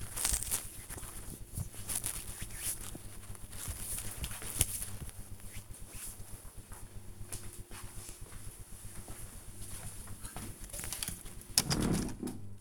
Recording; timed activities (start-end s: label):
household activities, microphone on the right wrist
0.00-2.87 s: cream hands